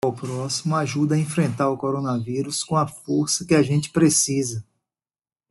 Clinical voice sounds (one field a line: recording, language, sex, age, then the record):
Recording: spoken sentence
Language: Brazilian Portuguese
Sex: male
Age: 50 to 59 years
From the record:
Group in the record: control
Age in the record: 56 years